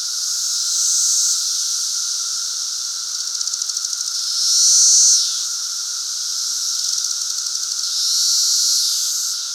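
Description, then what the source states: Periodical cicadas chorusing, a high buzzing roar that swells and fades in waves about every four seconds over a steady lower drone. Cicadas recorded during the 2024 emergence.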